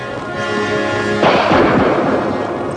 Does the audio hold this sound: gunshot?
yes